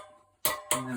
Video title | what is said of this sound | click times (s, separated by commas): YOELEO Unboxing | so let's talk that one up and there we go a nice click | 0.4 s